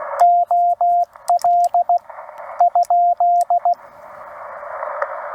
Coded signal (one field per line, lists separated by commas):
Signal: Morse code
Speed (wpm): 16 wpm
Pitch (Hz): 700 Hz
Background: radio noise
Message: OL ?